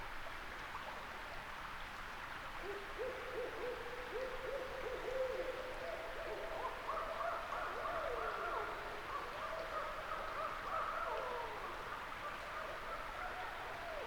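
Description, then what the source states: Barred owls calling: low hoots that climb into higher, wavering, overlapping wails, with constant hiss underneath. Several barred owls sounding off in the distance around 3 a.m. in May 2018, upstate New York, under a grove of eastern hemlocks; reverberant calls; binaural recording.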